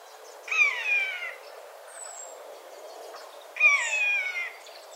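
Eurasian jay uttering two drawn-out, descending mewing calls about three seconds apart, each with clear harmonics, over quiet background hiss.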